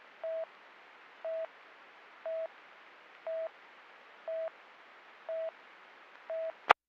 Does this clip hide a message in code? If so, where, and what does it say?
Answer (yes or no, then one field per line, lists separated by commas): no